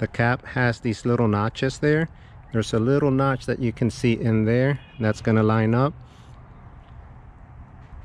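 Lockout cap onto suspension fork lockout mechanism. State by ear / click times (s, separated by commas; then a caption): not seated / none. Someone talks while lining up the notches on a plastic lockout cap with the notch on the lockout mechanism of an SR Suntour XCR 32 coil suspension fork, before pressing the cap in. The talking stops near 6 s, leaving only faint background noise. Nothing has seated or clicked yet.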